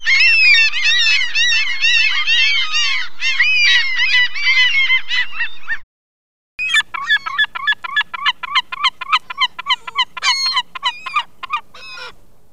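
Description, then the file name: Gulls calling, a dense chorus of overlapping harsh, yelping harmonic calls for about six seconds, then a brief silence and a quick series of separate repeated calls, roughly three per second. Gulls recorded both close by and at a distance. "Seagulls Close Nearby Or Distant"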